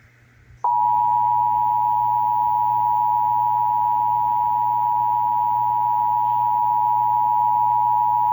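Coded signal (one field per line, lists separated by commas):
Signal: Emergency Alert System (SAME) tones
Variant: 853 and 960 Hz attention tone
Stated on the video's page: Texas Required Monthly Test as aired on AM, FM and TV broadcast stations.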